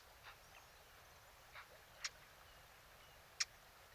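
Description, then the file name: Eurasian blackcap giving a few sharp clicking tack calls, two loud ones near two and three and a half seconds, with softer clicks earlier, over a quiet background hiss. "Sylvia atricapilla"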